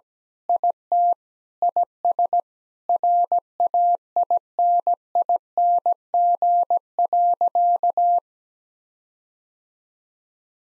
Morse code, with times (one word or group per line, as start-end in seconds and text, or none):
0.5-1.1 IT
1.6-2.4 IS
2.9-8.2 RAINING.